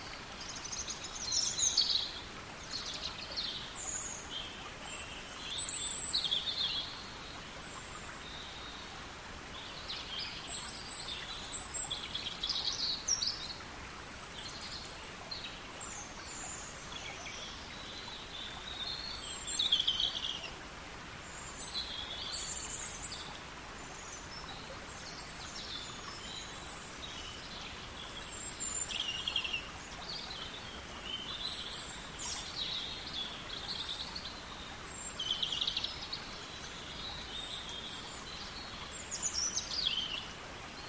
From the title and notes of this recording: Deep in a wooded cwm in Powys, there’s a spot down by the brook, half in the trees, half out, where the sunlight falls in ribbons onto the water. Somewhere above, hidden among the broken canopy that staggers up the steep valley, a robin reels out its morning song. Enchanting robin song beside a Welsh stream.